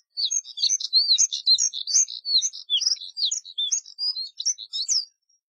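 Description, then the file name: Moussier's redstart song: a fast, scratchy warble of high chirps and whistled notes, delivered continuously for about five seconds. "Canto do Redstart de Moussier"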